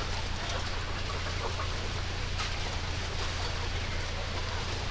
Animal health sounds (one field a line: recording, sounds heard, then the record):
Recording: poultry house recording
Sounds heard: healthy chickens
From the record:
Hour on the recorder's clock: 10